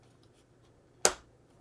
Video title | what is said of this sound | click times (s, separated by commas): Multiplex Pilatus PC-6 Turbo Porter RR Assembly and Setup | the receivers on the fuselage and you'll hear it click when it it's seated fully | 1.1 s